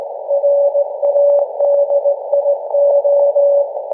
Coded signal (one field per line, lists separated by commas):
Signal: Morse code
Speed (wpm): 17 wpm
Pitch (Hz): 570 Hz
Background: none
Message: RADIO